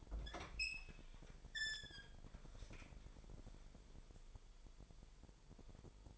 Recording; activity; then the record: daily activity, microphone in the room; open fridge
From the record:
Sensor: 5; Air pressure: 1002.1 hPa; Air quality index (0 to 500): 221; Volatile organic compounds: 27 ppm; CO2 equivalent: 2878 ppm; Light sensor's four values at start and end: 9/22/9/10 and 10/24/10/11